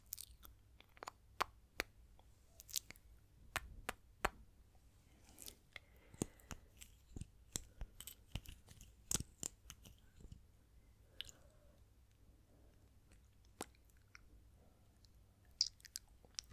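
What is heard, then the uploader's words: Mouth sounds: wet clicks, smacks and squishy lip noises arrive in quick irregular bursts, several each second at their busiest. Between them a low, soft rumble sits underneath, with a few sharper, brighter pops standing out. ASMR Intense Mouth Sounds & Lipgloss Application (No Talking).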